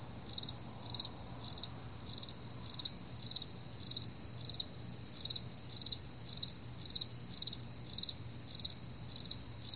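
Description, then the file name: Cricket chirps repeated quickly and evenly, around seventeen pulsed bursts, riding on a bright continuous high trill. Early morning at 4 AM, summer, July 2012. "freesound Early Morning Summer Crickets 4 AMJuly 2012"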